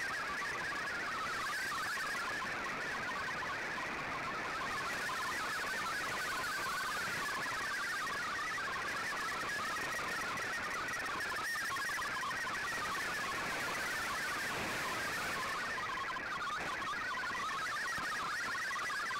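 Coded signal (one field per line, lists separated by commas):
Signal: multi-tone FSK (Olivia or MFSK type)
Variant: MFSK32 or MFSK64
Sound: fast warbling, hopping tones between about 1 and 2 kHz over shortwave hiss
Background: radio static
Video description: Here is my decode of the Shortwave Radiogram broadcast today on 5850Khz shortwave radio at 0800UTC in MFSK32 and 64 with 11 SSTV images.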